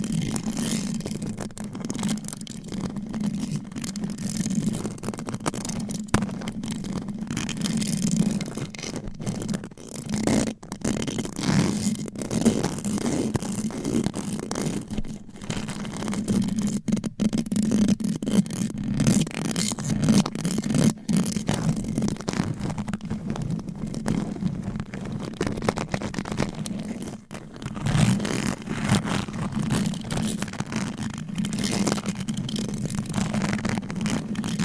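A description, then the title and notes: Fast, aggressive scratching across microphone covers with fingernails, a dense continuous rasp with a strong low buzzing band underneath. The texture stays busy throughout, broken by brief sharp gaps and dips around 6, 10, 21 and 27 seconds, all very dry. ASMR Fast & Aggressive Mic Scratching with 10 DIFFERENT MICS Covers & Nails No Talking.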